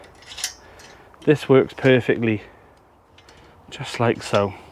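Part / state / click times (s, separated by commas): door lock closing on a fruit cage door / not seated / none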